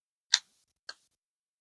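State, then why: Seated. A fixed-blade knife is pushed into its molded sheath and seats with a retention click at 0.3 s. It is a short, bright tick, followed by a second, fainter tick at about 0.9 s. The click is small, more felt than heard, and the knife is confirmed seated.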